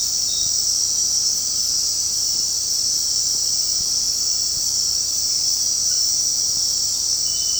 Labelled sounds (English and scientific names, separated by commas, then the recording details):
none
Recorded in secondary vegetation near Puerto Asís, Putumayo, Colombia, on 18 February 2024 at 20:30
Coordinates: 0.489, -76.322
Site G6419